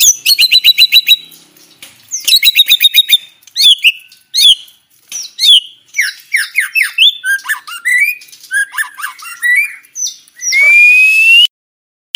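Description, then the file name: White-rumped shama song: clear ringing trilled bursts, then quick whistled and scratchy notes, ending in a long rising whistle followed by silence. Aceh variety; loud, fast-paced, densely delivered song. "Suara Jernih murai aceh gacor speed rapat"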